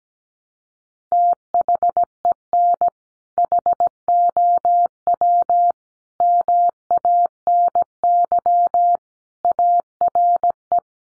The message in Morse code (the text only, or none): THEN HOW MANY ARE